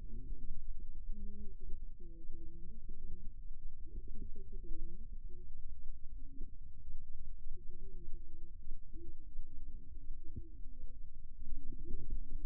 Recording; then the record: forearm muscle sounds (acoustic myography)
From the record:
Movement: rest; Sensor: system 2, bracelet of six BSWA MPA416 microphones around the upper forearm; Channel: 3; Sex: male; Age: 22 years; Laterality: right